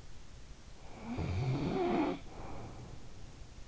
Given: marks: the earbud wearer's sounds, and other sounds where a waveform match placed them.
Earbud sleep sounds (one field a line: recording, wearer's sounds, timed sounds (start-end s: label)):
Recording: sounds in sleep by an in-ear microphone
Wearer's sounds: snoring breath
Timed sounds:
0.75-3.07 s: snoring breath